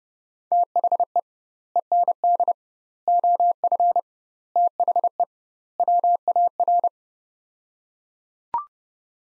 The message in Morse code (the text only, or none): THE END OF THE WAR